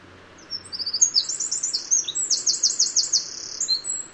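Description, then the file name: Eurasian wren song: a fast, high, metallic run of rapid trills and sharp notes, loud and sustained for over three seconds, with faint low background hum. "Troglodytes troglodytes"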